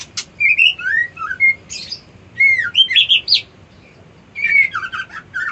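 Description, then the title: White-eye song: short phrases of high, sweet, rapidly warbled chirps and slurred whistles, separated by short pauses. Song style called ngerol ngalas. "Suara Burung Pleci Ngerol Ngalas Mantap"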